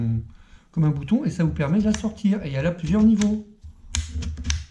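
Someone talks while pressing the button on the adjustable buttstock of a Kral NP-03 5.5 mm air rifle and pulling the stock extension out through its several length positions. Sharp, short snaps ring out at 4.0 s and 4.5 s as the stock clicks into a length notch, seating the extension and adding length.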